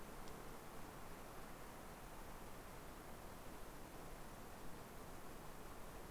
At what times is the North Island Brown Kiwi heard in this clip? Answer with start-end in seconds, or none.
none